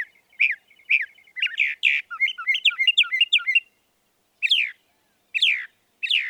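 Northern mockingbird song: a jumble of varied slurred and chattering notes, followed by three separate downward-sweeping whistles about a second apart.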